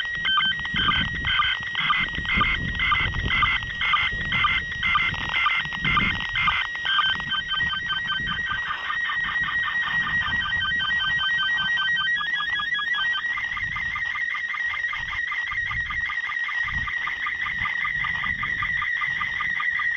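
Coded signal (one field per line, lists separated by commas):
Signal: SSTV (slow-scan television)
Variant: PD120 mode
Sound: warbling, buzzing tones with a regular ticking pulse about twice per second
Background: radio static, low rumble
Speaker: should be coming over any moment now and i'm starting to hear the one of the images so let's see here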